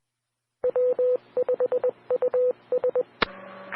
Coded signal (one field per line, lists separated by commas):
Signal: Morse code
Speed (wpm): 20 wpm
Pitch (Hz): 500 Hz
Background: radio noise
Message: W5US